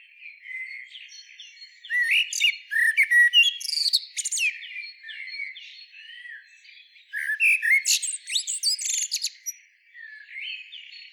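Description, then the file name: Common blackbird song in two bouts: low fluting notes rising into busy scratchy twitters, a brief quieter stretch between them. "Turdus merula"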